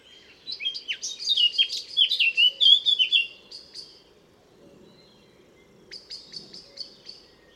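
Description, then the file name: Eurasian blackcap singing a fast, chattering warble that climbs into loud fluty notes, followed by a pause and a softer, scratchy phrase. "Sylvia atricapilla"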